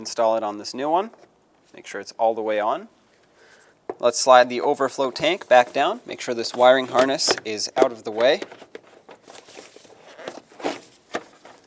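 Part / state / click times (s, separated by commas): coolant overflow reservoir into its engine bay mounting bracket / not seated / none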